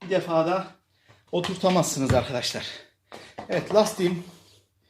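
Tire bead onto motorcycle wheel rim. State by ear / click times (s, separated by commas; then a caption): not seated / none. A new rear tire for a Kuba Black Cat motorcycle is being worked onto its metal wheel rim, with the rubber bead being pressed into place. Someone talks throughout, and a brief faint sound comes at the very end, around 5.0 s. Nothing has seated or clicked yet.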